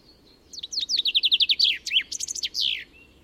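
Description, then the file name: Common chaffinch singing one full phrase: a rapid series of clear downward-sweeping notes, then a brisk trill and an emphatic closing flourish. "Fringilla coelebs"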